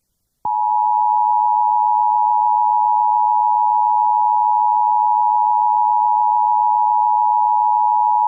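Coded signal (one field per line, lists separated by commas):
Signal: Emergency Alert System (SAME) tones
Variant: 853 and 960 Hz attention tone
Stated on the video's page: Real Tornado Warning EAS activation broadcast on a radio station.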